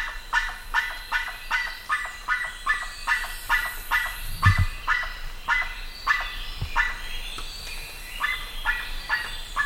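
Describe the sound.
Bird giving repeated harsh, falling notes a little over two per second, with a couple of dull low thumps in the background.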